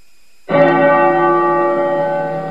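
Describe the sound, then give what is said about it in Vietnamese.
A single bell strikes sharply after a brief silence, then rings on with a rich cluster of sustained overtones that fade slowly and steadily, as disciples of the Hengshan sect file along in two lines. “Trong tiếng chuông, quần đệ tử phái Hằng Sơn xếp thành 2 hàng nối đuôi nhau mà đi.”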